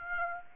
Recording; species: mosquito wingbeat signal from an infrared sensor; Aedes aegypti